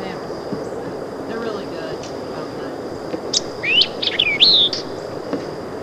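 White-eyed vireo song, one fast phrase of sharp notes and looping slurred whistles near the middle, with a constant high tone and low rumbling noise throughout.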